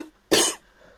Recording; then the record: coughing mixed with background sound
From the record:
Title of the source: 55 gaggy wet cough